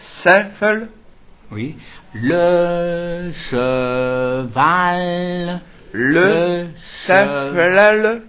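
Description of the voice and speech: During aphasia rehabilitation, a man slowly repeats "le cheval", breaking it into drawn-out, evenly held syllables and swapping sounds ("sefel", "sell"), while a therapist answers "oui". This is aphasia with an articulation problem and impaired awareness of his own speech sounds, giving a flat, deaf-like voice. He is beginning to get feedback from his own words and can now self-correct.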